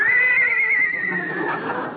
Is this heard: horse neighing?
yes